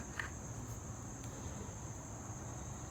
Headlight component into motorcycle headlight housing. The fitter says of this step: that situated pull it back in locks in place